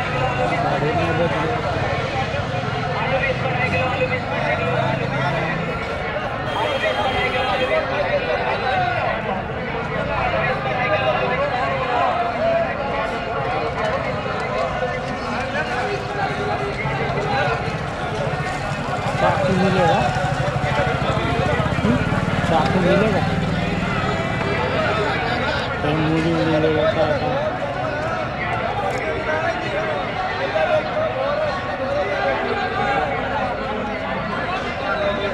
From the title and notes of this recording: An evening in the Wazirpur Industrial Area. One evening on a busy street in the Wazirpur Industrial Area. Recorded by Bariya.